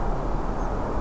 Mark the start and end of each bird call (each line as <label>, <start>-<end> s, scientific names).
Anthus trivialis, 0.58-0.66 s